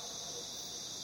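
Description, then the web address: Crickets trilling: a dense, unbroken high-pitched shimmer held steadily from start to end, with faint low background rumble. In jungle. "the sound pack tree. jungle crickets"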